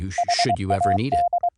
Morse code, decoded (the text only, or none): HAD